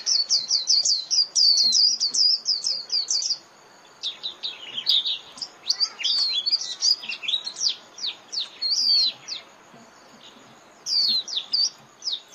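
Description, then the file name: White-eye twitter: a rapid high chip series, then a pause and varied slurred chirps, ending with a few more quick high notes. Lure call used to attract white-eyes for trapping (tiếng khuyên mồi). "Tieng khuyen moi"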